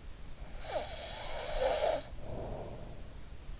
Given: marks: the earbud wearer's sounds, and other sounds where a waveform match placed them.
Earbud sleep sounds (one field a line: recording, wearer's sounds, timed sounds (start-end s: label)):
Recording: sounds in sleep by an in-ear microphone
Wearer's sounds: snoring breath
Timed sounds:
0.50-3.30 s: snoring breath